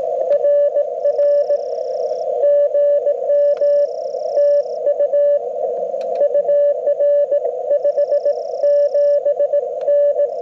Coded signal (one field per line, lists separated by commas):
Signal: Morse code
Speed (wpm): 21 wpm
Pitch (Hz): 600 Hz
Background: radio noise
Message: RR GM TU UR 57N